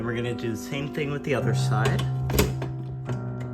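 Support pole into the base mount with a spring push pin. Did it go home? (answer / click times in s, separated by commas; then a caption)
no / none. Someone talks over steady background music while handling the second support pole of an animatronic base, about to slide it down onto its mount and secure it with a small spring push pin. A few short handling knocks sound around 2.3–2.4 s and again near 2.6 s and 3.1 s. The pole has not yet seated and the pin has not clicked into place by the end of the clip.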